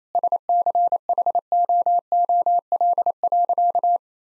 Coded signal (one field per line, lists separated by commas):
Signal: Morse code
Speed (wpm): 28 wpm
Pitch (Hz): 700 Hz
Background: none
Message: SCHOOL.